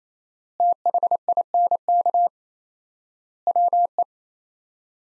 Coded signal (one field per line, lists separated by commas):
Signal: Morse code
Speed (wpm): 27 wpm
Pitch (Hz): 700 Hz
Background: none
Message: THINK WE